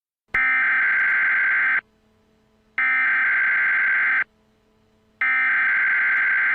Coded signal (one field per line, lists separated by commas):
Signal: Emergency Alert System (SAME) tones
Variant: header bursts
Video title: EAS SCENARIO: Wendy Britt's 5 Grandchildren (WARNING! May Contain Cussing & Loud Sirens)